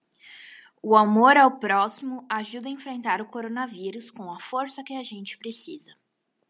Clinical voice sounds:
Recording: spoken sentence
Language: Brazilian Portuguese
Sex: female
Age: 20 to 29 years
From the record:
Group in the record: control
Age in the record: 22 years

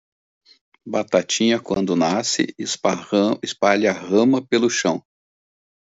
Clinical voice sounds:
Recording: short text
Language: Brazilian Portuguese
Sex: male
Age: 50 to 59 years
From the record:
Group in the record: control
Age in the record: 53 years

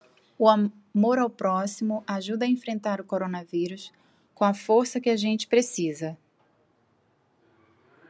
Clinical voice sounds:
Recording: spoken sentence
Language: Brazilian Portuguese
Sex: female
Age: 50 to 59 years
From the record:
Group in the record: control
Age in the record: 51 years

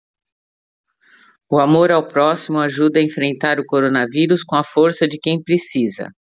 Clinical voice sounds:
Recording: spoken sentence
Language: Brazilian Portuguese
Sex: female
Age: 50 to 59 years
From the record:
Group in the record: control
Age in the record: 55 years

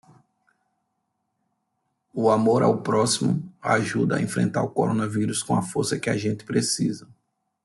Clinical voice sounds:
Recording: spoken sentence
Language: Brazilian Portuguese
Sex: male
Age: 30 to 39 years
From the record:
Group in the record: control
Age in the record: 33 years

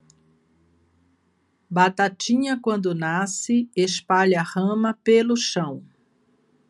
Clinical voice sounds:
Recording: short text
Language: Brazilian Portuguese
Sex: female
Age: 60 to 69 years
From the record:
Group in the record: control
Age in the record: 63 years

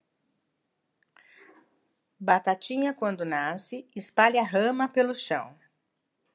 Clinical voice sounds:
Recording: short text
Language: Brazilian Portuguese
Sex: female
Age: 50 to 59 years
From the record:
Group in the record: control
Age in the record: 53 years

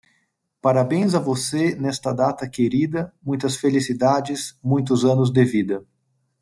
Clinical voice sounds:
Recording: short text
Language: Brazilian Portuguese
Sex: male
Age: 30 to 39 years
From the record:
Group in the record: control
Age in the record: 36 years

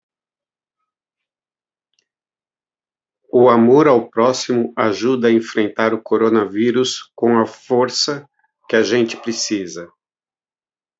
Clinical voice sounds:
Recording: spoken sentence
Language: Brazilian Portuguese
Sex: male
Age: 50 to 59 years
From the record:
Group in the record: control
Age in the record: 55 years

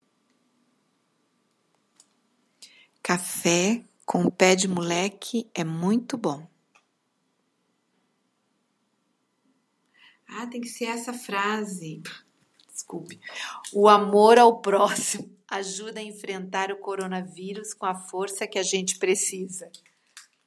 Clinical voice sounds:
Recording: spoken sentence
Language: Brazilian Portuguese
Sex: female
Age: 50 to 59 years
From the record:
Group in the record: control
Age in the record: 51 years

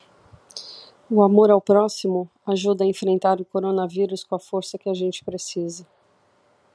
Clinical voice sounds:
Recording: spoken sentence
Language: Brazilian Portuguese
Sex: female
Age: 40 to 49 years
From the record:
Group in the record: control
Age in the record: 43 years

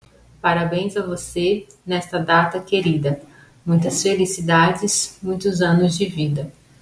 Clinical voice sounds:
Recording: short text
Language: Brazilian Portuguese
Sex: female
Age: 30 to 39 years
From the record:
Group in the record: control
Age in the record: 33 years

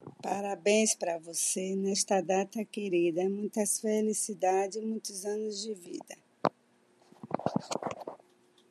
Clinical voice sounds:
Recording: short text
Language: Brazilian Portuguese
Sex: male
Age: 60 to 69 years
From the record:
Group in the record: control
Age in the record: 61 years

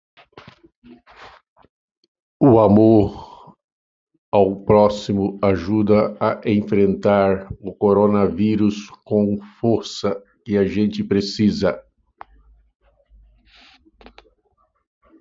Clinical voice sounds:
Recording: spoken sentence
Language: Brazilian Portuguese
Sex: male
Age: 60 to 69 years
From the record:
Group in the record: control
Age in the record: 60 years

